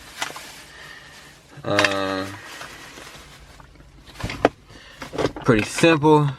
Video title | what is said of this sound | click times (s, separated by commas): How To Plasti Dip Interior Car | but you see, just snaps back in like that. | 0.2 s